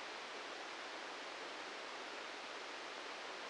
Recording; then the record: brain microelectrode recording played as sound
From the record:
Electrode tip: outside the subthalamic nucleus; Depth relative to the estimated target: 0 mm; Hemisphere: right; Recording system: NeuroSet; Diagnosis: Parkinson's disease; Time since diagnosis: 13 years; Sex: male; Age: 65 years